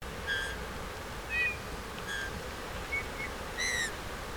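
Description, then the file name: Eurasian bullfinch uttering several soft, mellow whistles, one fuller and richer near the end, with a constant faint background hiss. "Pyrrhula pyrrhula"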